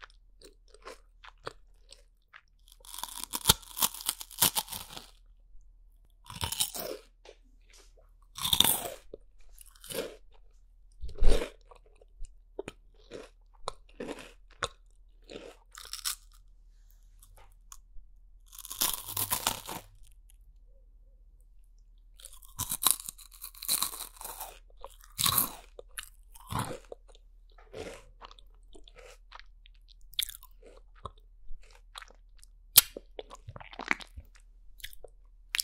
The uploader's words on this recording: ASMR EATING SOUNDS 5 ASMR FOODS (No Talking).